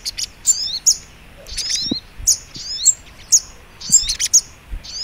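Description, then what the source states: Little spiderhunter calling in short high bursts, a clipped chirp then a brief whistled slur, roughly once a second. Masteran (training) recording, titled Labaik.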